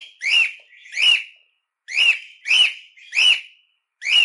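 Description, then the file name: Cockatiel giving loud, harsh whistled chirps that rise then fall, about one every half second with brief pauses between groups. Harlequin colour mutation cockatiel; song. "canto da calopsita arlequim"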